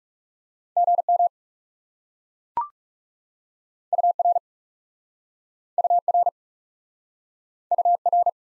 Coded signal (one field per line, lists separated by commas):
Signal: Morse code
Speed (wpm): 41 wpm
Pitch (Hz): 700 Hz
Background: none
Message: GM UR UR UR